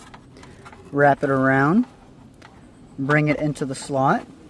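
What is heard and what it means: On a 2005–2010 Chevrolet Cobalt, during a cabin air filter replacement, the glove box dampener arm is wrapped around and brought toward its slot in the dashboard while someone talks. Only faint handling ticks are heard between the speech. Nothing has seated or clicked into place yet.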